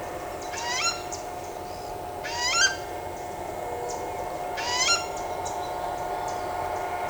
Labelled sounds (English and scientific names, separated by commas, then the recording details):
Chestnut-winged Chachalaca (Ortalis garrula)
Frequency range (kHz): Chestnut-winged Chachalaca (Ortalis garrula) 0.8-8.8 kHz
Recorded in shrubland near Pivijay, Magdalena, Colombia, on 17 April 2023 at 07:00
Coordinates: 10.453, -74.365
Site P5-G022